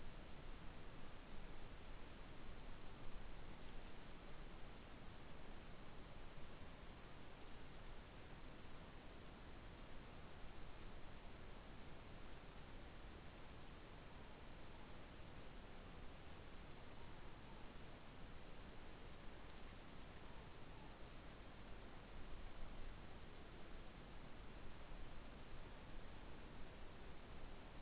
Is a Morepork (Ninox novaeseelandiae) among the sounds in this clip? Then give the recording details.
yes. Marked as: faintness 5/5. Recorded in New Zealand. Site Taranaki